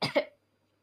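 A single short, deliberate cough from an adult woman, meant as a natural cough and throat clearing, lasting about a third of a second with two quick bursts of noisy, breathy sound, followed by silence. It sounds more like an ordinary voluntary cough than a throat clearing, with no wheeze or rattle.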